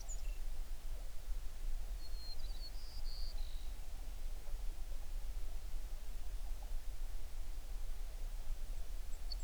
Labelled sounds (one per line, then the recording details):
songbird
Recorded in the Prudhoe Bay oil fields, Alaska, on 11 June 2019 at 05:34
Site 21